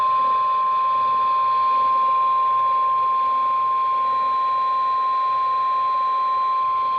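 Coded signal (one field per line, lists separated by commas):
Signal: Emergency Alert System (SAME) tones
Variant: 1050 Hz attention tone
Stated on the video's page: NOAA Weather Radio Required Weekly Test.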